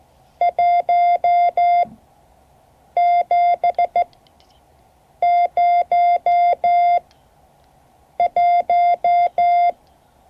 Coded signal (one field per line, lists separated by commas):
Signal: Morse code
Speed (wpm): 15 wpm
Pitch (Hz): 700 Hz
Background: none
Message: 1701